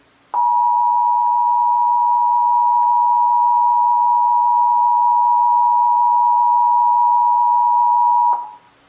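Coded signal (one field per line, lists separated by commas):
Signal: Emergency Alert System (SAME) tones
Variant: 853 and 960 Hz attention tone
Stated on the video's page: Texas required monthly test, heard as relayed on several radio and TV stations.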